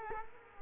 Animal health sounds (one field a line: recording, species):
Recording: mosquito wingbeat signal from an infrared sensor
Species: Culex quinquefasciatus